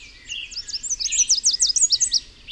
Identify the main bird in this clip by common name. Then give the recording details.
Chestnut-capped Warbler. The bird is a male. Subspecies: delattrii. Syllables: 13. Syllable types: 9. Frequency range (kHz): 3.4-8.6 kHz. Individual FV-YGS-M